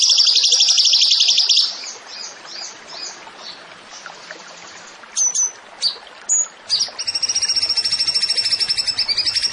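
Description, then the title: Zebra finch song with a long buzzy, high trill, softer scattered chirps and a few sharp whistled notes, then another sustained rapid trill to the end. Masteran training recording of a gacor (vigorously singing) tembakan (zebra finch). "Masteran Burung Tembakan Gacor"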